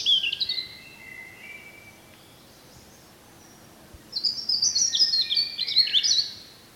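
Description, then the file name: European robin song: thin, high warbling phrases mixing clear whistles and rapid trills, a short phrase then a longer jumbled one after a pause, over steady background noise. "Erithacus rubecula"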